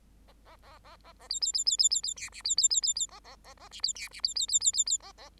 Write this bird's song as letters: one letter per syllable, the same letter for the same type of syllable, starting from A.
A A A A A A B B B B B B B C D B B B B B A A A A D B C D B B B B B B A A